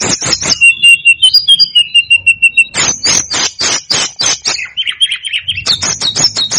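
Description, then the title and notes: Snowy-browed flycatcher song: rapid loud pulsed notes, a run of level whistles, more pulsed notes, then a wavering falling phrase and further pulsed bursts. Masteran training recording for songbirds. "Masteran Tledekan Gunung Sikatan Gunung. BURUNG TLEDEKAN"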